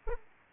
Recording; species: mosquito wingbeat signal from an infrared sensor; Anopheles arabiensis